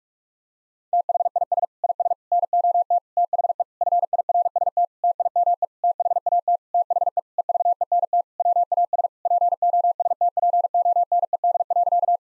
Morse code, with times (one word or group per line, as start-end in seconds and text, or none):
0.9-1.6 THIS
1.8-2.1 IS
2.3-3.0 NOT
3.2-3.6 THE
3.8-4.8 FIRST
5.0-5.6 TIME
5.8-6.6 THAT
6.7-7.2 THE
7.4-8.2 EVENT
8.4-9.1 WAS
9.3-12.2 POSTPONED.